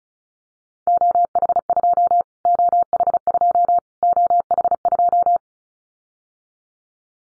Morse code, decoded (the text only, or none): OH2 OH2 OH2